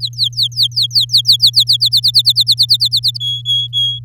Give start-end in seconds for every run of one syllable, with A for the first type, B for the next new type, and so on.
0.00-1.64 A, 1.67-3.17 B, 3.20-3.99 C